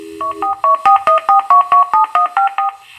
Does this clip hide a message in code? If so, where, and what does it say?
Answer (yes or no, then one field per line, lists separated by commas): no